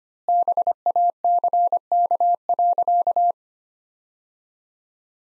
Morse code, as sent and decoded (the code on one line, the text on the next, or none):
-... .- -.-. -.- .-.-.-
BACK.